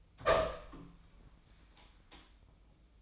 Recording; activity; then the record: daily activity, microphone in the room; open door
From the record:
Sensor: 1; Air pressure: 1004.9 hPa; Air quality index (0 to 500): 79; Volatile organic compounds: 2 ppm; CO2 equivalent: 1065 ppm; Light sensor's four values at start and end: 9/22/9/9 and 9/23/9/9